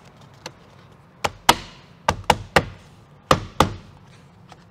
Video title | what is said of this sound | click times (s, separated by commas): How to replace your 2013-2015 Acura ILX side view mirror - ReveMoto | just snaps into place snap it into place and | 1.5 s, 2.3 s, 2.6 s, 3.3 s, 3.6 s